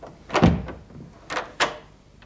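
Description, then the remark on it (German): A door is unlocked and pulled open: a solid thunk with a rattling scrape, then two sharp metallic clicks from the latch about a second later, with no voices. “Als die Tür aufging, sah ich in eine kaum möblierte Dachkammer, die als Küche diente.”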